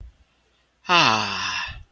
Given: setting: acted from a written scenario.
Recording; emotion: vocal sound without words; contentment